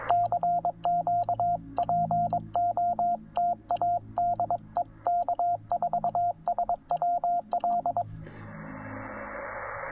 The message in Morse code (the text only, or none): CQPOTADEK4SWL